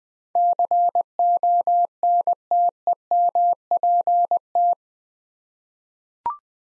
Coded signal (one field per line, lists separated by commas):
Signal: Morse code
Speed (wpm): 20 wpm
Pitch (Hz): 700 Hz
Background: none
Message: CONTEMPT